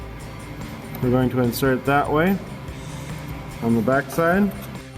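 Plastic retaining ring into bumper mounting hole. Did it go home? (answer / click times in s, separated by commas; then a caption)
no / none. A plastic retaining ring is being handled for insertion from the backside into a mounting hole in a chrome rear bumper for a 1999–2006 Silverado 1500, likely for the license plate light. Someone talks in two short bursts over a low, steady background hum. The ring has not snapped or seated into place yet.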